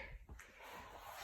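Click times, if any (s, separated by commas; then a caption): 0.4 s. A small plastic trim piece on the front end of a 2012 Honda CR-V, installed into the radiator support during A/C condenser work, is pressed in after its corners are lined up. A sharp snap sounds at 0.4 seconds over a steady background hiss. The corners seat firmly and the piece is clipped in.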